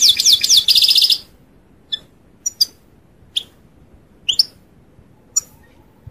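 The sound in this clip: European goldfinch, a brief burst of fast trilled twittering, then scattered single sharp chirps over the next few seconds.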